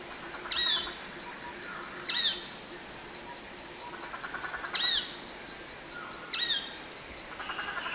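Heart-spotted woodpecker calls: short, piercing downslurred squeaks, four in eight seconds, set against a constant high buzzing of insects.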